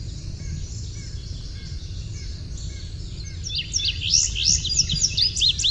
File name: INBU song